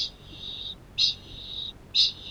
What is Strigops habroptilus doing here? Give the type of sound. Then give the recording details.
ching call. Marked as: faintness 1/5. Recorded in New Zealand. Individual Arab